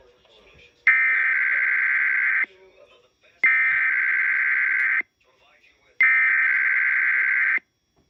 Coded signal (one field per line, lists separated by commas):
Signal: Emergency Alert System (SAME) tones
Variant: header bursts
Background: speech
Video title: EAS 410 KDKA RWT AT 9:30 AGAIN!!!!!!!!!!!!!!!!!!